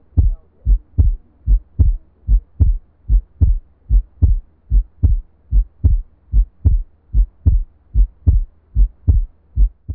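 Steady, regular pairs of low, dull thumps at about 75 beats a minute, with quiet pauses between: adult heart sounds heard through a stethoscope.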